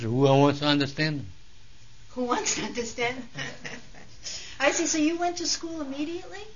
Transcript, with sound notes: "Who wants to understand?"
"Who wants to understand?" ( she laughs ) I see. So you went to school immediately?